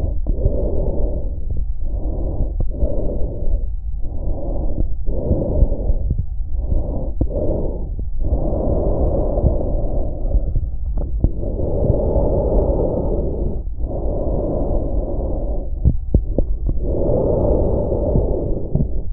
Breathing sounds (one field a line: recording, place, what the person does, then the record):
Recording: lung sounds by stethoscope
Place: trachea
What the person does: quiet breathing, then deep breathing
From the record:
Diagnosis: asthma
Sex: female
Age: 65 years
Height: 157 cm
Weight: 70.2 kg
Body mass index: 28.5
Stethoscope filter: extended mode